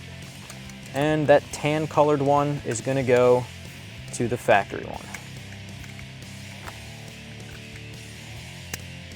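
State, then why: Seated. Someone talks over a low steady background hum while a tan plastic harness connector for a 2010-2014 Mustang OE-style touchscreen navigation unit is pushed into its matching factory connector. After two faint ticks, a sharp snap comes at 8.7 s as the connector seats in place.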